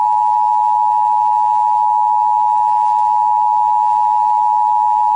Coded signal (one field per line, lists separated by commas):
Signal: Emergency Alert System (SAME) tones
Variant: 853 and 960 Hz attention tone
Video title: National EAS Test on the Las Vegas FM band